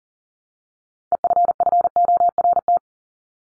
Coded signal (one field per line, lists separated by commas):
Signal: Morse code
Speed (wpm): 40 wpm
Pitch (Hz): 700 Hz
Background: none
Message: EFFORT